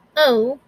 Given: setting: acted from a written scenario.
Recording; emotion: vocal sound without words; embarrassment